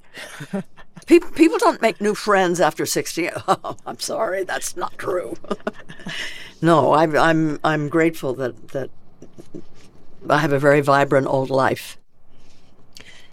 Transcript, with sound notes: People don't make new friends after 60. Oh, I'm sorry. That's not true (laughter). No, I'm grateful that I have a very vibrant, old life.